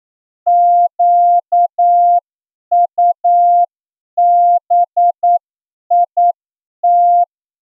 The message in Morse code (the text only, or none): QUBIT